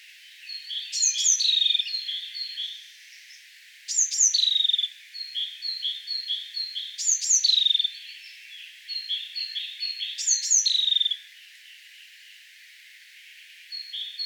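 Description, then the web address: Bird calling in rhythmic phrases: steep high whistles dropping in pitch, then a string of quick chirps, repeated four times. "ornitologiya slovar Ptichki"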